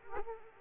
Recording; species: mosquito wingbeat signal from an infrared sensor; Aedes aegypti